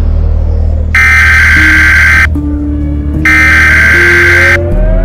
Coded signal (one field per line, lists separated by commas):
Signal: Emergency Alert System (SAME) tones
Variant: header bursts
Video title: EAS Scenario: The Shadow Plague